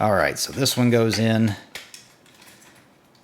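Someone talks while handling a plastic tread piece for the wheel assembly of a GI Joe Classified Series #119 Cobra Ferret ATV toy, followed by faint plastic handling taps, including a short tap at about 1.9 s. The tread has not snapped into place yet; nothing has seated or clicked by the end of the clip.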